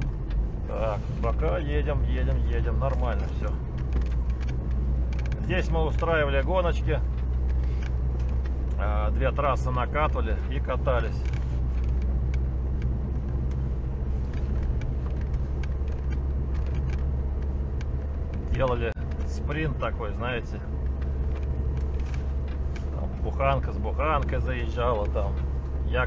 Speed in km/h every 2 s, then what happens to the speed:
10, 12, 9, 13, 13, 13, 13, 13, 13, 13, 15, 15, 15.
0-26 steady at about 13.